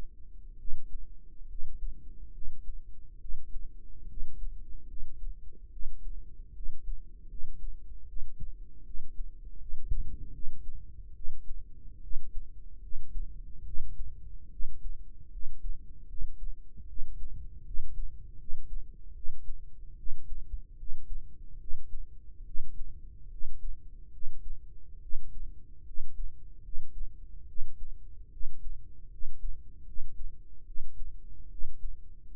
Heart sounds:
heart sounds by microphone in the right ear; 74 bpm
0.58 s: heartbeat
1.48 s: heartbeat
2.32 s: heartbeat
3.19 s: heartbeat
4.07 s: heartbeat
4.87 s: heartbeat
5.70 s: heartbeat
6.53 s: heartbeat
7.28 s: heartbeat
8.06 s: heartbeat
8.84 s: heartbeat
9.58 s: heartbeat
10.32 s: heartbeat
11.14 s: heartbeat
12.01 s: heartbeat
12.80 s: heartbeat
13.64 s: heartbeat
14.49 s: heartbeat
15.30 s: heartbeat
16.07 s: heartbeat
16.86 s: heartbeat
17.63 s: heartbeat
18.37 s: heartbeat
19.13 s: heartbeat
19.96 s: heartbeat
20.76 s: heartbeat
21.58 s: heartbeat
22.44 s: heartbeat
23.29 s: heartbeat
24.10 s: heartbeat
25.00 s: heartbeat
25.84 s: heartbeat
26.61 s: heartbeat
27.46 s: heartbeat
28.30 s: heartbeat
29.09 s: heartbeat
29.84 s: heartbeat
30.64 s: heartbeat
31.48 s: heartbeat
32.29 s: heartbeat
From the record:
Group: healthy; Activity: rest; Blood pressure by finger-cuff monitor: 110/79 mmHg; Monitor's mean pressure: 87 mmHg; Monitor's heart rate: 74 bpm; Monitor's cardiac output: 5.4 L/min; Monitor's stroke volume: 73 mL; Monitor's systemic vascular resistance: 1160 dyn s/cm5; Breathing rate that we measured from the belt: 22 breaths a minute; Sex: male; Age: 21 years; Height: 170 cm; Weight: 71 kg

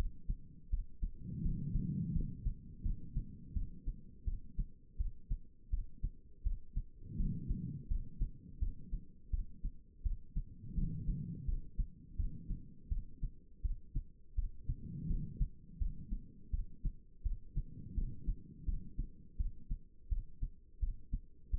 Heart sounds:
heart sounds by stethoscope; 84 bpm
0.70 s: heartbeat
1.42 s: heartbeat
2.13 s: heartbeat
2.83 s: heartbeat
3.54 s: heartbeat
4.25 s: heartbeat
4.97 s: heartbeat
5.70 s: heartbeat
6.43 s: heartbeat
7.17 s: heartbeat
7.88 s: heartbeat
8.60 s: heartbeat
9.31 s: heartbeat
10.03 s: heartbeat
10.75 s: heartbeat
11.46 s: heartbeat
12.17 s: heartbeat
12.89 s: heartbeat
13.62 s: heartbeat
14.36 s: heartbeat
15.08 s: heartbeat
15.79 s: heartbeat
16.51 s: heartbeat
17.23 s: heartbeat
17.95 s: heartbeat
18.66 s: heartbeat
19.37 s: heartbeat
20.09 s: heartbeat
20.80 s: heartbeat
21.51 s: heartbeat
From the record:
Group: healthy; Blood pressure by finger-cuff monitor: 107/73 mmHg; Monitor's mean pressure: 87 mmHg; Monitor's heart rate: 83 bpm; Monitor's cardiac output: 5 L/min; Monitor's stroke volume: 60 mL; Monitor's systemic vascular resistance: 1270 dyn s/cm5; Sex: female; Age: 51 years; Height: 162 cm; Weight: 70.04 kg

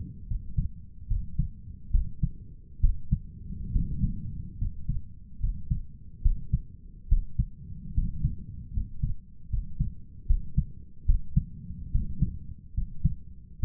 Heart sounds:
heart sounds by stethoscope; 72 bpm
0.27 s: heartbeat
1.07 s: heartbeat
1.90 s: heartbeat
2.80 s: heartbeat
3.71 s: heartbeat
4.57 s: heartbeat
5.39 s: heartbeat
6.21 s: heartbeat
7.08 s: heartbeat
7.93 s: heartbeat
8.72 s: heartbeat
9.49 s: heartbeat
10.26 s: heartbeat
11.05 s: heartbeat
11.90 s: heartbeat
12.73 s: heartbeat
13.59 s: heartbeat
From the record:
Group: healthy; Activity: rest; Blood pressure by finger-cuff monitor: 109/66 mmHg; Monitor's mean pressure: 79 mmHg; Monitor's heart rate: 73 bpm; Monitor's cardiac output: 6.8 L/min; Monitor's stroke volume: 93 mL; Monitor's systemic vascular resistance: 830 dyn s/cm5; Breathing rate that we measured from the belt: 15 breaths a minute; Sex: male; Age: 23 years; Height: 178 cm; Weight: 96.6 kg

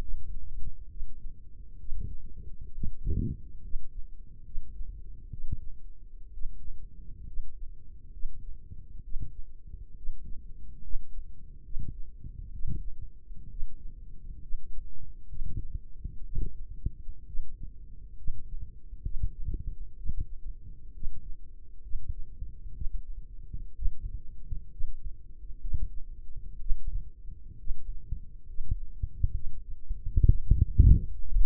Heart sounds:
heart sounds by microphone in the left ear; 65 bpm
0.89 s: heartbeat
1.79 s: heartbeat
2.73 s: heartbeat
3.62 s: heartbeat
4.44 s: heartbeat
5.31 s: heartbeat
6.32 s: heartbeat
7.26 s: heartbeat
8.11 s: heartbeat
9.03 s: heartbeat
9.95 s: heartbeat
10.82 s: heartbeat
11.63 s: heartbeat
12.52 s: heartbeat
13.49 s: heartbeat
14.41 s: heartbeat
15.28 s: heartbeat
16.24 s: heartbeat
17.25 s: heartbeat
18.16 s: heartbeat
19.03 s: heartbeat
19.96 s: heartbeat
20.93 s: heartbeat
21.82 s: heartbeat
22.73 s: heartbeat
23.74 s: heartbeat
24.70 s: heartbeat
25.60 s: heartbeat
26.59 s: heartbeat
27.57 s: heartbeat
28.47 s: heartbeat
29.33 s: heartbeat
30.26 s: heartbeat
31.25 s: heartbeat
From the record:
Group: healthy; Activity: rest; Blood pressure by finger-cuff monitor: 101/64 mmHg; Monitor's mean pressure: 74 mmHg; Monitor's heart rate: 66 bpm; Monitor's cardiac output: 5 L/min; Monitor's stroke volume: 77 mL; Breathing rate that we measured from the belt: 17 breaths a minute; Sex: female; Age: 36 years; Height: 163 cm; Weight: 88 kg

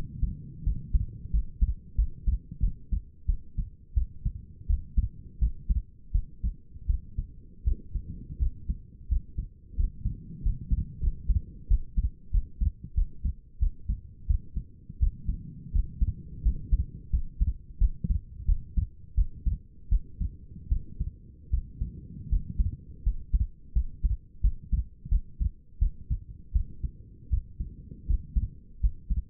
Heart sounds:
heart sounds by stethoscope; 85 bpm
0.64 s: heartbeat
1.31 s: heartbeat
1.96 s: heartbeat
2.60 s: heartbeat
3.26 s: heartbeat
3.94 s: heartbeat
4.67 s: heartbeat
5.39 s: heartbeat
6.12 s: heartbeat
6.87 s: heartbeat
7.64 s: heartbeat
8.39 s: heartbeat
9.09 s: heartbeat
9.76 s: heartbeat
10.43 s: heartbeat
11.01 s: heartbeat
11.68 s: heartbeat
12.32 s: heartbeat
12.95 s: heartbeat
13.60 s: heartbeat
14.27 s: heartbeat
15.00 s: heartbeat
15.72 s: heartbeat
16.43 s: heartbeat
17.11 s: heartbeat
17.79 s: heartbeat
18.46 s: heartbeat
19.15 s: heartbeat
19.89 s: heartbeat
20.69 s: heartbeat
21.51 s: heartbeat
22.29 s: heartbeat
23.04 s: heartbeat
23.73 s: heartbeat
24.42 s: heartbeat
25.09 s: heartbeat
25.79 s: heartbeat
26.53 s: heartbeat
27.30 s: heartbeat
28.07 s: heartbeat
28.81 s: heartbeat
From the record:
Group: healthy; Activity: rest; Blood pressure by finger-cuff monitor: 137/87 mmHg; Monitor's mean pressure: 102 mmHg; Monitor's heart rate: 86 bpm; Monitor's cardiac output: 6.1 L/min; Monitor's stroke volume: 69 mL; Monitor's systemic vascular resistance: 1240 dyn s/cm5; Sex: female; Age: 37 years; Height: 168 cm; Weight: 70 kg

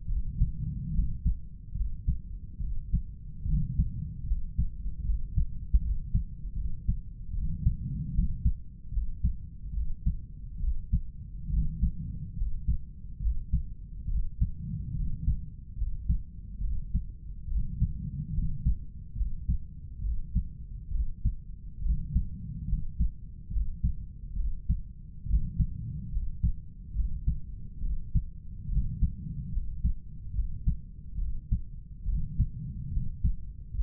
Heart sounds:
heart sounds by stethoscope; 71 bpm
0.09 s: heartbeat
0.95 s: heartbeat
1.76 s: heartbeat
2.62 s: heartbeat
3.47 s: heartbeat
4.28 s: heartbeat
5.06 s: heartbeat
5.82 s: heartbeat
6.57 s: heartbeat
7.35 s: heartbeat
8.15 s: heartbeat
8.93 s: heartbeat
9.75 s: heartbeat
10.61 s: heartbeat
11.52 s: heartbeat
12.38 s: heartbeat
13.21 s: heartbeat
14.09 s: heartbeat
14.96 s: heartbeat
15.78 s: heartbeat
16.62 s: heartbeat
17.49 s: heartbeat
18.35 s: heartbeat
19.17 s: heartbeat
20.03 s: heartbeat
20.93 s: heartbeat
21.83 s: heartbeat
22.69 s: heartbeat
23.52 s: heartbeat
24.37 s: heartbeat
25.28 s: heartbeat
26.13 s: heartbeat
26.95 s: heartbeat
27.83 s: heartbeat
28.70 s: heartbeat
29.53 s: heartbeat
30.35 s: heartbeat
31.19 s: heartbeat
32.07 s: heartbeat
32.93 s: heartbeat
33.76 s: heartbeat
From the record:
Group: healthy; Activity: rest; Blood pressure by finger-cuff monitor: 136/91 mmHg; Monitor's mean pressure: 103 mmHg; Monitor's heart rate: 71 bpm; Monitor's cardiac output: 7.3 L/min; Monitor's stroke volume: 103 mL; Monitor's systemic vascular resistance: 1040 dyn s/cm5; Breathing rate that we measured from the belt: 17 breaths a minute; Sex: male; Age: 30 years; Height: 188 cm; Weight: 110.2 kg

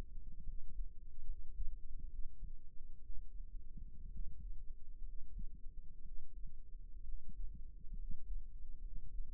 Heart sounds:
heart sounds by microphone in the right ear; 65 bpm
0.43 s: heartbeat
1.25 s: heartbeat
2.07 s: heartbeat
3.00 s: heartbeat
4.10 s: heartbeat
5.03 s: heartbeat
6.02 s: heartbeat
7.03 s: heartbeat
7.96 s: heartbeat
8.80 s: heartbeat
From the record:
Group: healthy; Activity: cold pressor test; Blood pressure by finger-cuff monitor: 110/67 mmHg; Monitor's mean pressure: 83 mmHg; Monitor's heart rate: 64 bpm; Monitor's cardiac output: 6.1 L/min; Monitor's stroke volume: 91 mL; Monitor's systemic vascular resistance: 980 dyn s/cm5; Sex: male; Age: 22 years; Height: 181 cm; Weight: 79 kg

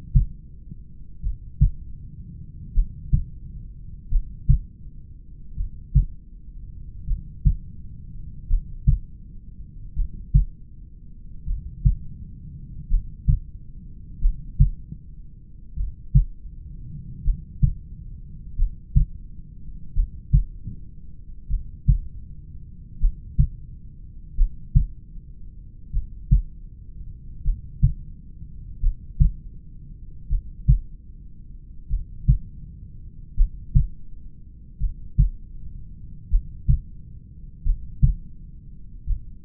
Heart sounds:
heart sounds by stethoscope; 41 bpm
1.26 s: heartbeat
2.78 s: heartbeat
4.14 s: heartbeat
5.60 s: heartbeat
7.10 s: heartbeat
8.52 s: heartbeat
9.99 s: heartbeat
11.50 s: heartbeat
12.93 s: heartbeat
14.24 s: heartbeat
15.79 s: heartbeat
17.27 s: heartbeat
18.61 s: heartbeat
19.98 s: heartbeat
21.53 s: heartbeat
23.04 s: heartbeat
24.40 s: heartbeat
25.96 s: heartbeat
27.47 s: heartbeat
28.85 s: heartbeat
30.33 s: heartbeat
31.93 s: heartbeat
33.40 s: heartbeat
34.83 s: heartbeat
36.34 s: heartbeat
37.68 s: heartbeat
39.10 s: heartbeat
From the record:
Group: heart failure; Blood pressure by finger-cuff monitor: 93/64 mmHg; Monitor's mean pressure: 73 mmHg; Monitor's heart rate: 41 bpm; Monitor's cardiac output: 3.7 L/min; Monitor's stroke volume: 89 mL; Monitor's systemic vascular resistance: 1420 dyn s/cm5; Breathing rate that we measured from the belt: 12 breaths a minute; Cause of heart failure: familial cardiomyopathy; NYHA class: 1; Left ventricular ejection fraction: 49%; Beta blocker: bisoprolol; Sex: male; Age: 31 years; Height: 194 cm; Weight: 96 kg

